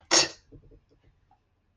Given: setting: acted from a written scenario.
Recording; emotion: vocal sound without words; contempt